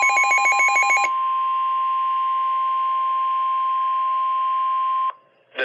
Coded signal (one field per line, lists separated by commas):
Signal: Emergency Alert System (SAME) tones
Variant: 1050 Hz attention tone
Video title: EAS Alert #15 (Severe Thunderstorm Warning #10) 5/30/18